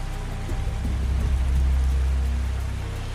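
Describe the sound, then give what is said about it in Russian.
Heavy rain pours down over a cemetery in the dark, in a steady, dense hiss, with a low rumbling undertone that swells slightly midway and then holds. No voices are heard. “Было темно, дождь не прекращался, но стал слабее.”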